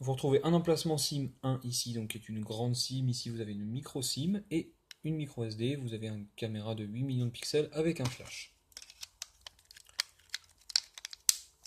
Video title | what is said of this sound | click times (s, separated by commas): Présentation du Bluboo Xfire | Voilà, vous voyez que tout se clipse plutôt bien. | 10.0 s, 10.8 s, 11.3 s